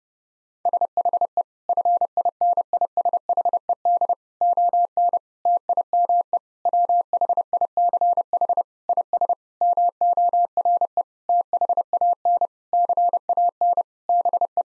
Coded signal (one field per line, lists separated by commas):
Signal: Morse code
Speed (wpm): 29 wpm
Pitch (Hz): 700 Hz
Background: none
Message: SHE FINISHED ON TIME WHICH IS MORE THAN CAN BE